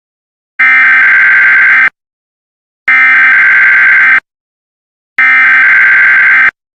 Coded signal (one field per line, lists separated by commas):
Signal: Emergency Alert System (SAME) tones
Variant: header bursts